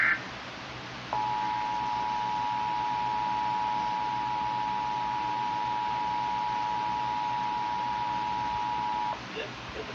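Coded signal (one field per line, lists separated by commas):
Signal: Emergency Alert System (SAME) tones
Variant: 853 and 960 Hz attention tone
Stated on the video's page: EAS tones of a Required Monthly Test on TV.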